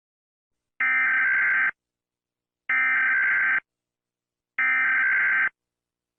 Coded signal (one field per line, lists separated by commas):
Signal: Emergency Alert System (SAME) tones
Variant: header bursts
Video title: EAS Scenario: Fleetway's Wrath